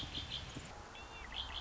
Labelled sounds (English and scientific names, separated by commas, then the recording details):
Red-winged Blackbird (Agelaius phoeniceus)
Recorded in Sonoma County, California